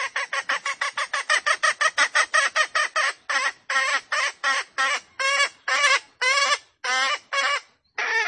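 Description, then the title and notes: Junglefowl calls: rapid harsh clucks, then longer, spaced raspy notes. Female junglefowl; used as a lure to attract wild junglefowl. "Pancingan Ayam Hutan Betina. Suara Ayam Hutan Betina. Pemikat Ayam Hutan"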